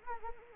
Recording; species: mosquito wingbeat signal from an infrared sensor; Anopheles arabiensis